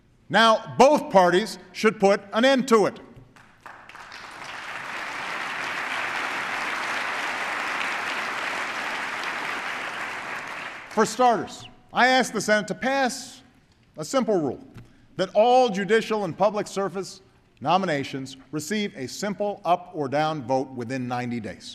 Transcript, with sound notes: Now both parties should put an end to it. (Applause.) For starters, I ask the Senate to pass a simple rule that all judicial and public service nominations receive a simple up or down vote within 90 days.